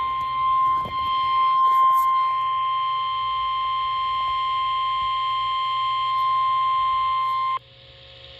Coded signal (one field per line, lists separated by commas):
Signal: Emergency Alert System (SAME) tones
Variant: 1050 Hz attention tone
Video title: Required Weekly Test (SPOKANE EDITION) EAS#854